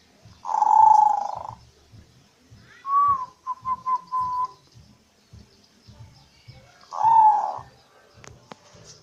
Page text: suara perkutut manggung gacor dari jenis perkutut lokal atau asli dan bangkok untuk pikat